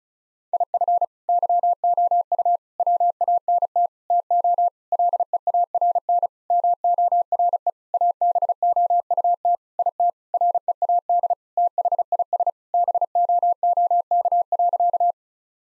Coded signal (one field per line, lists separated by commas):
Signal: Morse code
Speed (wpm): 36 wpm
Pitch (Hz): 700 Hz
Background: none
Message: IF YOU WANT TO LEARN MORE ABOUT IT READ THIS BOOK.